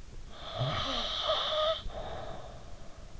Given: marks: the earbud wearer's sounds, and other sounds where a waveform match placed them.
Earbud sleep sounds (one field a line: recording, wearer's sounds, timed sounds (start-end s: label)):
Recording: sounds in sleep by an in-ear microphone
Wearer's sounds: snoring breath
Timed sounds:
0.22-3.17 s: snoring breath